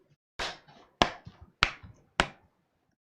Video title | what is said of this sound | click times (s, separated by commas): Nimo N173 Laptop - AMD Ryzen 5 6600H with 17.3" display | Do you hear all those clicks? That's how many I missed. | 1.0 s, 1.6 s, 2.2 s